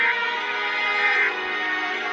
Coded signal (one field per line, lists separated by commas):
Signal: Emergency Alert System (SAME) tones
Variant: end-of-message bursts